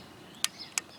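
A crisp metallic click at 0.4 s, then a second at 0.8 s, marks the gauge tripping.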